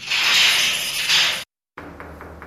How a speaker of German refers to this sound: Nee, also hier, ja, das hört man schon. Es ist ganz leicht, man muss eben das Ohr wirklich ganz an die Wand halten und darf ja nicht zu laut klopfen.